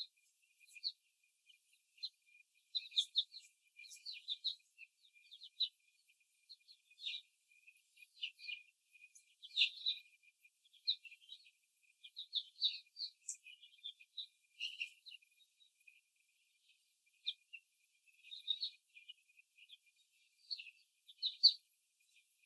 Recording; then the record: young laying hens in a cage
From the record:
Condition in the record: before the stressor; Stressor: simulated dog barking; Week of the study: 3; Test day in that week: 2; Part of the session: 3